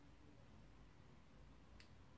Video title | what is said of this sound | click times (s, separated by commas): Mon makeup oublié partie 1+mes parfums 😱😱🤗 | en plus, il se referme, vous avez un petit clic. | 1.8 s